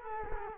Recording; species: mosquito wingbeat signal from an infrared sensor; Culex quinquefasciatus